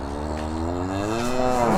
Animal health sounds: contact call of a hoofed animal; cattle; low-frequency (closed-mouth) or high-frequency (open-mouth) call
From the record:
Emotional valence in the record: positive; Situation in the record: visual reunion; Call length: 1.79 s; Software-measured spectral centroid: 1990 Hz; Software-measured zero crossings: 1350 a second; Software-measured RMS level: -24 dBFS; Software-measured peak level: -8 dBFS

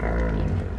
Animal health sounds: contact call of a hoofed animal; wild boar; grunt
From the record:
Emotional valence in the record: negative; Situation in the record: naturally occurring agonistic interactions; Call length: 0.79 s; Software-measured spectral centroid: 1160 Hz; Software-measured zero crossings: 580 a second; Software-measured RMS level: -24 dBFS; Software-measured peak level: -12 dBFS

